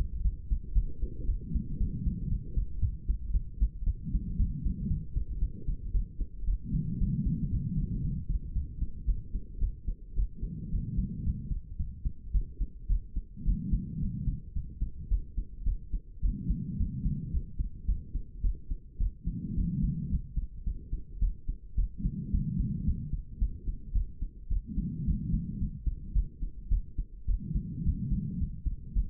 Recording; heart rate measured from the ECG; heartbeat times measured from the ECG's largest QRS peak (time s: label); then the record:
heart sounds by stethoscope; 111 bpm
0.24 s: heartbeat
0.74 s: heartbeat
1.27 s: heartbeat
1.79 s: heartbeat
2.30 s: heartbeat
2.81 s: heartbeat
3.33 s: heartbeat
3.86 s: heartbeat
4.38 s: heartbeat
4.89 s: heartbeat
5.41 s: heartbeat
5.93 s: heartbeat
6.46 s: heartbeat
7.00 s: heartbeat
7.51 s: heartbeat
8.03 s: heartbeat
8.54 s: heartbeat
9.07 s: heartbeat
9.60 s: heartbeat
10.16 s: heartbeat
10.71 s: heartbeat
11.25 s: heartbeat
11.78 s: heartbeat
12.33 s: heartbeat
12.89 s: heartbeat
13.45 s: heartbeat
14.01 s: heartbeat
14.55 s: heartbeat
15.10 s: heartbeat
15.65 s: heartbeat
16.22 s: heartbeat
16.79 s: heartbeat
17.33 s: heartbeat
17.87 s: heartbeat
18.43 s: heartbeat
18.99 s: heartbeat
19.56 s: heartbeat
20.11 s: heartbeat
20.65 s: heartbeat
21.21 s: heartbeat
21.77 s: heartbeat
22.32 s: heartbeat
22.86 s: heartbeat
23.40 s: heartbeat
23.94 s: heartbeat
24.50 s: heartbeat
25.06 s: heartbeat
25.60 s: heartbeat
26.14 s: heartbeat
26.70 s: heartbeat
27.27 s: heartbeat
27.85 s: heartbeat
28.39 s: heartbeat
28.95 s: heartbeat
From the record:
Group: healthy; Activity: rest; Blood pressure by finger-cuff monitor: 123/68 mmHg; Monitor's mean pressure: 84 mmHg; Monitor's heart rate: 110 bpm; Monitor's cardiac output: 9.1 L/min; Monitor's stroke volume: 84 mL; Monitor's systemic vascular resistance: 660 dyn s/cm5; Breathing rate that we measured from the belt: 22 breaths a minute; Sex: female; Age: 22 years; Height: 163 cm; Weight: 67.1 kg